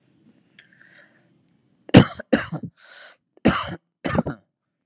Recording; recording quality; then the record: heavy voluntary cough; excellent, no background noise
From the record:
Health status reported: healthy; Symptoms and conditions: none ticked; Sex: male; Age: 25 years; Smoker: not ticked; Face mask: not worn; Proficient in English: yes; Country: India